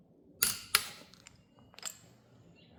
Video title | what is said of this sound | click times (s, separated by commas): Blue Ridge Ductless Minisplit Installation - Part 7 DONE! | It's my old torque wrench. And you should be able to hear the new one click. | 0.4 s, 0.7 s